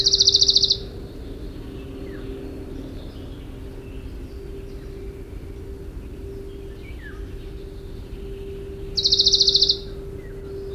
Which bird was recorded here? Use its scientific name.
Phylloscopus bonelli